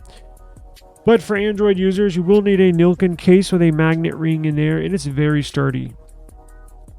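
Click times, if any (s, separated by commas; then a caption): none. A metal magnetic ring holder is handled at the back of a phone fitted with a Nillkin case containing a magnet ring, while someone talks over background music from about 1.1 to 6 s. A few faint, light ticks follow around 6.1, 6.3 and 6.9 s, but the ring holder has not yet snapped or seated onto the phone by the end of the clip.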